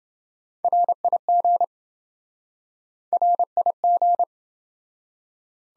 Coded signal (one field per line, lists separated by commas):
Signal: Morse code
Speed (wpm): 26 wpm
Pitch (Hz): 700 Hz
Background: none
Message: RIG RIG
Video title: Top 20 QSO Elements - Speed-Racing - 20wpm